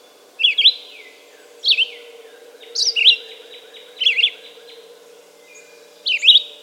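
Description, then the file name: Red-eyed vireo song: five short, up-and-down slurred whistled phrases roughly every one to two seconds, over a soft steady hum. "red-eyed vireo song by jonathon jongsma"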